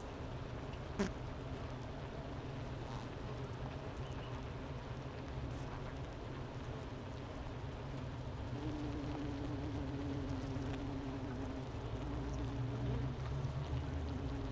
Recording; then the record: honeybee colony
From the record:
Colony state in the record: missing queen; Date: 31 May 2018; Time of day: 10:22